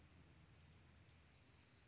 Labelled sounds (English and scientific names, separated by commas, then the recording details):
Chestnut-backed Chickadee (Poecile rufescens)
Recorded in Sonoma County, California